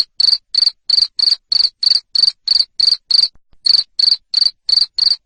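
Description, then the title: Cricket chirping: loud, shrill pulsed chirps around three per second in a steady run, with one short gap midway; nothing else audible. Loud cricket chirping (ngerik) used to stimulate lovebirds to sing continuously (ngekek). "Suara JANGKRIK NGERIK Keras Bikin LOVEBIRD Jadi NGEKEK Terus Vubey"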